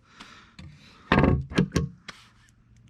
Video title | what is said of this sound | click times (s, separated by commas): BMW 3 Series Fuel Door Spring Replacement(E46) | you're just gonna put it back in the hole push it until it snaps | 1.1 s